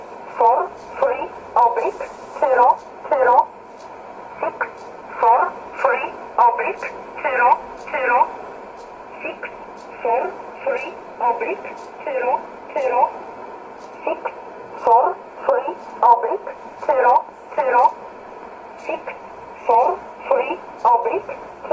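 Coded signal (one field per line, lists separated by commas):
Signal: numbers station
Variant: E11 Oblique, English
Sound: a voice reading short single words, likely numbers, in evenly spaced groups with pauses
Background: radio static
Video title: 12 06 2017 Numbers station E11 Oblique in English to Eu 0530 on 7600 in USB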